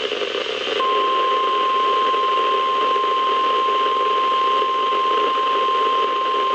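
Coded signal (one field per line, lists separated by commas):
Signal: Emergency Alert System (SAME) tones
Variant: 1050 Hz attention tone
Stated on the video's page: Marine warnings from KHB36 and WNG736; WNG736 received with poor signal quality due to antenna placement.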